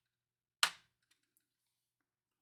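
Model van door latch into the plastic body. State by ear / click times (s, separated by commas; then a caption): not seated / none. The door latch of a 1:8 scale DeAgostini VW T1 Samba model van is pushed home again into the plastic body, making one sharp, bright plastic snap at about 0.6 s that fades quickly, followed by faint ticks near 1.1 s and 1.4 s and another sharp onset right at the end. Nothing has clicked or seated: the latch does not engage, and the door is only held in place by tension.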